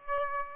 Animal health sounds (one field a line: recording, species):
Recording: mosquito wingbeat signal from an infrared sensor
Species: Aedes aegypti